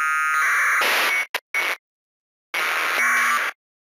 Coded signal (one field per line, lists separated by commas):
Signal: packet radio (AX.25, as in APRS)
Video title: Decoding Southampton University WebSDR packets heard on 144.800 MHz